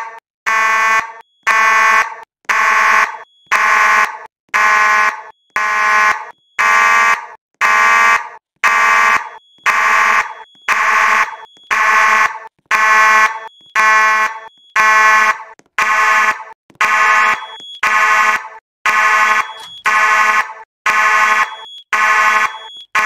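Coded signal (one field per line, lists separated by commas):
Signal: alarm pattern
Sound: buzzy fire-alarm horn pulsing on and off about once per second, roughly 22 pulses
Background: faint high whine, room echo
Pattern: about 22 evenly spaced pulses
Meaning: Continuous pulsing fire alarm calls for evacuation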